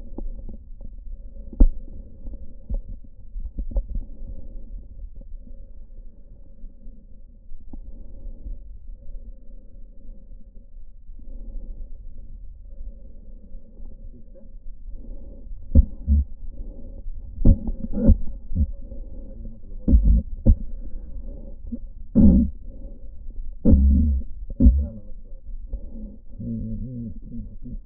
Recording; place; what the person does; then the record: lung sounds by stethoscope; right anterior apical chest; quiet breathing, then cough and speech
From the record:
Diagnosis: pulmonary infection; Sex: male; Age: 69 years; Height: 184 cm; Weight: 115 kg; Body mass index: 34.0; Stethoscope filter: diaphragm mode